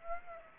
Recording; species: mosquito wingbeat signal from an infrared sensor; Aedes aegypti